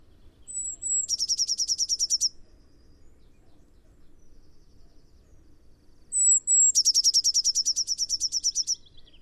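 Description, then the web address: Eurasian blue tit giving two thin high introductory notes followed by a fast trill, twice, with a pause of about four seconds between. "cianscape. Deverinetal"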